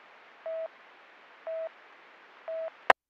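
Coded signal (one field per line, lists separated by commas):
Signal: none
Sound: radio channel beeps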